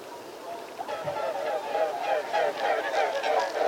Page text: Mute swan, calls wings whistling in flight, landing on water, whooper swans and wigeon in background